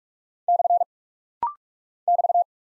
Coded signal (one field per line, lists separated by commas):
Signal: Morse code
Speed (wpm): 42 wpm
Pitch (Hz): 700 Hz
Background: none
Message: / <BT>